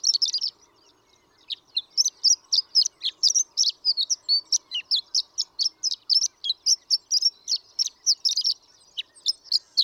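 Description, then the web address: Horned lark song: high, quick twittering notes pouring out steadily after a short opening phrase and a pause. "birdsongforthecurious Horned Lark"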